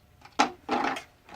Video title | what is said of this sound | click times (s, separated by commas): 53. Bladerunner locked arm issue | pry the little metal piece out, you hear it pop. | 0.4 s